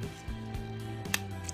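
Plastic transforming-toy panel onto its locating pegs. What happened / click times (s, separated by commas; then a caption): The plastic panel snapped onto its pegs / 1.1 s, 1.5 s. During the robot-to-vehicle transformation of a Transformers Studio Series SS80 Deluxe Class Brawn plastic action figure, a panel is fiddled into position and clipped onto its two locating pegs, first the upper one and then the front one. Over a steady low hum and soft handling noise, sharp plastic snaps are heard at 1.1 s and 1.5 s as the panel seats in place.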